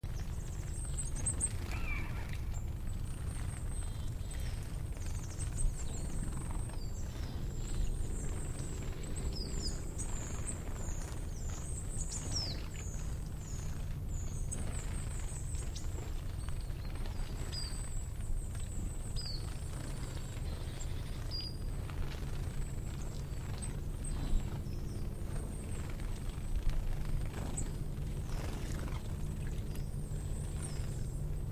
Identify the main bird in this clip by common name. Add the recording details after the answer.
Eurasian Jay. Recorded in the wild. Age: subadult. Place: Goriner Forst, Barnim, Brandenburg, DE. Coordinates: 52.7019, 13.4931. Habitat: coniferous forest. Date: 2012-10-20 16:02. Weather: 20°C, sunny, almost windless. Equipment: Sound Devices 702, Sennheiser MKH 70, Rycote Windschutz. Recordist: Frommolt, Karl-Heinz